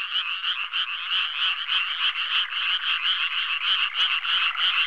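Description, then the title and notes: Frogs croaking in a dense chorus, rapid overlapping pulses repeated about three times a second, steady and continuous throughout. "NHK Sound Effects Collection - 3-Frogs. NHK効果音集 - 3-カエル"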